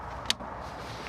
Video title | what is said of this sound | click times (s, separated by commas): Replacing the Wiper Blades, Arms, or Motor on a Honda CR-Z | Make sure you push it all the way till you hear it click, | 0.3 s